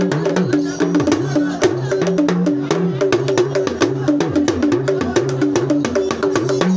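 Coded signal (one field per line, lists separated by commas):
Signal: talking drum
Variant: Yoruba dùndún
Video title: Fîfi Ìlù ki Oríkî îdílé ni èdè Yorùbá (Homage by talking drum in Yorùbá language)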